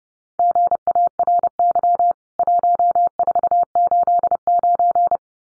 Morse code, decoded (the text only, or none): GARY 1489